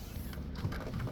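The tilted and slid second-row seat of a 2022 Mazda CX-9 Azami FWD is pushed back along its floor track toward its latch, with a steady low rumble and brief handling knocks around 0.3 and 0.7 seconds. The seat has not latched or seated into place yet.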